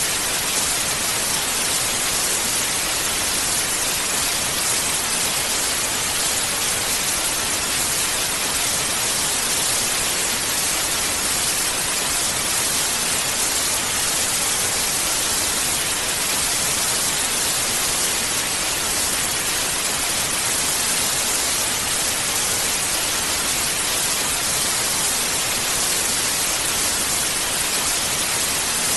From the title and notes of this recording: TV static white noise. It is most recognizable as the static sound heard on televisions or radio.